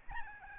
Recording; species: mosquito wingbeat signal from an infrared sensor; Aedes albopictus